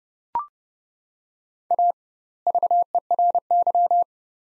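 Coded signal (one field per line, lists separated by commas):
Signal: Morse code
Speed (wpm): 30 wpm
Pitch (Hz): 700 Hz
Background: none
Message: A VERY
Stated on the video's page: Practice drill of two-word sets at 30 wpm with doubled word spacing, a Farnsworth-like method applied to words.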